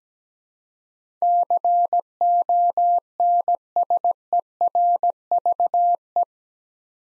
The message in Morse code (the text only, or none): CONSERVE